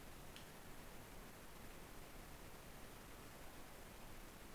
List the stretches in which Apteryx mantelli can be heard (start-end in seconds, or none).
none